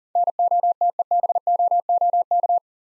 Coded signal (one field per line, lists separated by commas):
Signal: Morse code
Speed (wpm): 42 wpm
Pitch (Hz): 700 Hz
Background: none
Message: NOTEBOOK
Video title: Easy Words with Hints - 40wpm